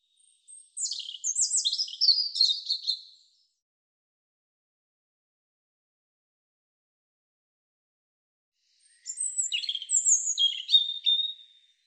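European robin song: two high, tumbling phrases of thin whistles and twitters, each about two and a half seconds, separated by roughly six seconds of silence.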